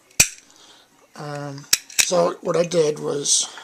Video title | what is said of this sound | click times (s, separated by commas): Springfield Arms micro compact .45 GI review. | You can hear it definitely snap into place. | 0.2 s